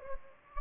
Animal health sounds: mosquito wingbeat signal from an infrared sensor; Anopheles gambiae

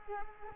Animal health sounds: mosquito wingbeat signal from an infrared sensor; Culex quinquefasciatus

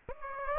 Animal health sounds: mosquito wingbeat signal from an infrared sensor; Aedes aegypti

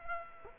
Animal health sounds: mosquito wingbeat signal from an infrared sensor; Culex quinquefasciatus

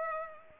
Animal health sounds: mosquito wingbeat signal from an infrared sensor; Culex pipiens

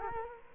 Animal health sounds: mosquito wingbeat signal from an infrared sensor; Culex quinquefasciatus

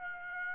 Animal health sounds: mosquito wingbeat signal from an infrared sensor; Aedes aegypti

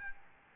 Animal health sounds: mosquito wingbeat signal from an infrared sensor; Aedes albopictus

